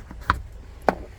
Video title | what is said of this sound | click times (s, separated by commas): 2021 TOYOTA FORTUNER CRUSADE 4X4 7 SEAT | and that simply comes down clicks into place as well | 0.3 s, 0.9 s